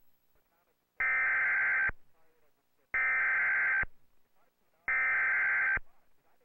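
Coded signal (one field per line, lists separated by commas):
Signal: Emergency Alert System (SAME) tones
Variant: header bursts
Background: speech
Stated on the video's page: Real tornado warning aired on a TV station in North Carolina, originally taped off television.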